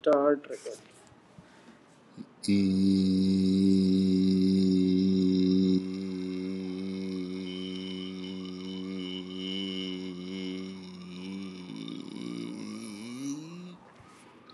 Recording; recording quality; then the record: sustained vowel as in beet; excellent, no background noise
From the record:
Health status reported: exposed to COVID-19, no respiratory illness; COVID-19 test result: negative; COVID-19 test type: RT-PCR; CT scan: taken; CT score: 12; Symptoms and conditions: cold, hypertension, diabetes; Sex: male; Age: 76 years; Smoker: no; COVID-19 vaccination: both doses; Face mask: worn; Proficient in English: yes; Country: India